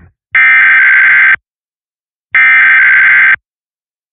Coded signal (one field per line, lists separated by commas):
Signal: Emergency Alert System (SAME) tones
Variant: header bursts